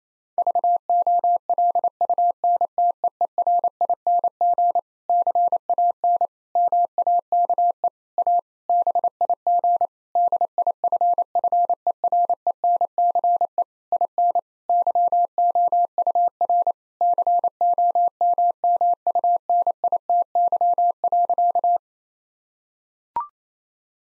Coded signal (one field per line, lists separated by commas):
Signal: Morse code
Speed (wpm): 28 wpm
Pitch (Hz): 700 Hz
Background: none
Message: VOLUNTEERING CAN MAKE A BIG DIFFERENCE IN YOUR COMMUNITY.